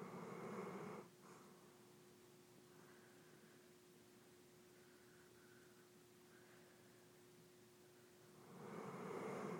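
A pet animal named Zappa, species not stated, snoring.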